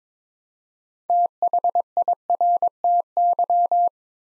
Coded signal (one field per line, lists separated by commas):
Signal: Morse code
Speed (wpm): 22 wpm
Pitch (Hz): 700 Hz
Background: none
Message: THIRTY